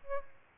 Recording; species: mosquito wingbeat signal from an infrared sensor; Aedes albopictus